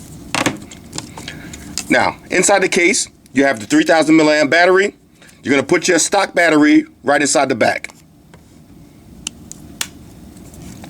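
A stock Samsung Galaxy S4 battery is pressed onto the built-in 3000 mAh battery pack of a Dyconn X4 battery case. Someone talks over a few light handling taps, then sharp clicks come at 9.3 s and 9.8 s as the battery snaps into place. It is seated.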